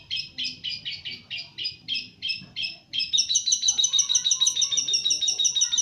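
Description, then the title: Long-tailed shrike song starting with harsh buzzy notes repeated a few per second, then speeding into a fast string of sharp high chirps. Champion bird. "Kicau Burung Cendet Juara"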